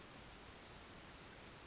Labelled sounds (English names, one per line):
Brown Creeper